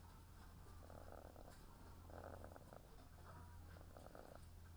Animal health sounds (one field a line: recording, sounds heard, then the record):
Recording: poultry house recording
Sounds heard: sick chickens (respiratory disease)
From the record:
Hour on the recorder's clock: 19